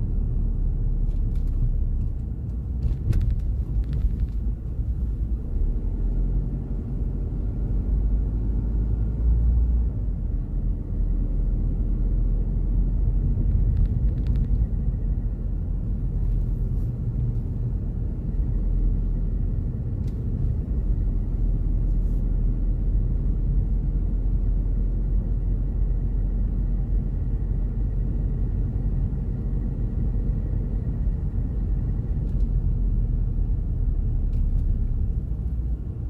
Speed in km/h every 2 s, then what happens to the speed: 18, 15, 13, 19, 21, 22, 27, 26, 24, 22, 23, 22, 24, 24, 27, 26, 23, 18.
4-12 speeds up to 27. 12-29 steady at about 24. 29-36 slows to 18.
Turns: none.